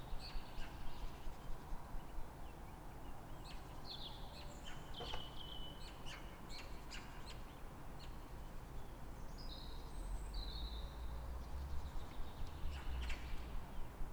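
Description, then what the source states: Birds call in short high chirps and thin whistled slurs, grouped in bursts throughout, with a steady low background roar of traffic. Calm morning, 3 May, Fresnes, Île-de-France, France; background noise from the ring road.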